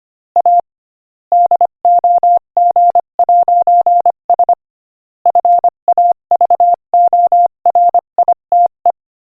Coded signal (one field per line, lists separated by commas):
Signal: Morse code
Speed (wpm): 24 wpm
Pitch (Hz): 700 Hz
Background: none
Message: A DOG'S FAVORITE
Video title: Morse Code Practice: 25 wpm Joke #8